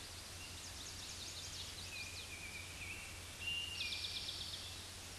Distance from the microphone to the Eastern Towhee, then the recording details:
about 10 m. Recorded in a Pennsylvania forest on 16 May 2024 at 06:37. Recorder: AudioMoth, point MSD-1307. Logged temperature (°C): 16.6 °C. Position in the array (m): 212 m, 125 m